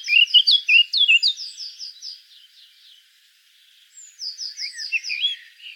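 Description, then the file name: Eurasian blackcap song: a rapid warbled twitter followed by a run of evenly repeated downslurred notes, then a short pause and a second similar phrase. "Sylvia atricapilla"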